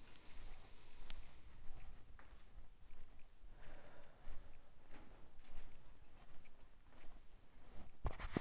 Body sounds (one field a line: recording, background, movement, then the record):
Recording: deep breathing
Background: quiet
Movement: walking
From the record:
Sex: male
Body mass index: 20.5 kg/m2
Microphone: on the chest, facing outward